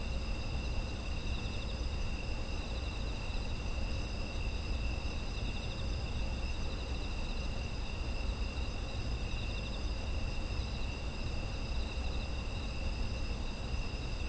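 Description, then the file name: Chorus of insects giving constant high trills at several pitches, unbroken throughout, set against a low continuous rumble. Autumn insect ambient sound. "秋の虫の環境音"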